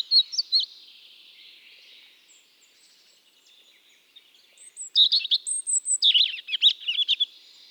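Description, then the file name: European robin song: high, thin, liquid twittering phrases, a brief opening flourish, a long soft pause, then a rapid sparkling burst of varied trills and warbles. "Erithacus rubecula"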